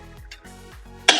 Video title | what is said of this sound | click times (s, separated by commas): Jetson Atlas Folding Fat Tire Electric Bike . | and there's a little mechanism right here that locks into place. | 1.1 s